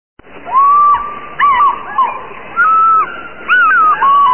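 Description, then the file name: Eagle calls: a series of clear whistled notes that slide up and down, with short pauses between them. "Adler"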